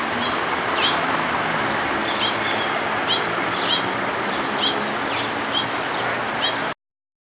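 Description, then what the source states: Cedar waxwing giving thin, high, hissing notes repeated several times, partly buried under loud steady rushing noise. Recorded in 2006.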